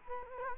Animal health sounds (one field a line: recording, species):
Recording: mosquito wingbeat signal from an infrared sensor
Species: Culex quinquefasciatus